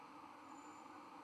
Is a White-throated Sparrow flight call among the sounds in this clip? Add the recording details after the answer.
no. No flight call is heard. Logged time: 22:46 on 31 October 2014